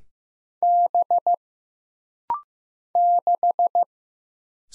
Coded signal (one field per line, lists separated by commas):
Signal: Morse code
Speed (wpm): 15 wpm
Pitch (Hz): 700 Hz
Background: none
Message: B 6